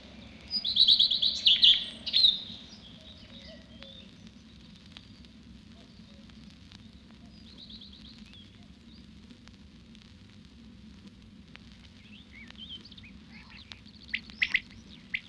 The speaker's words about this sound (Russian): Насвистывает свою немудренную песенку горехвостка, раскачиваясь на тонкой ветке орешника. Попоет, попоет, да и взлетит.